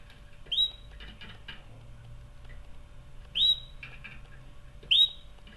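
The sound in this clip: Canary chirping: three short rising whistled notes spaced a few seconds apart, with faint clicks and a low hum.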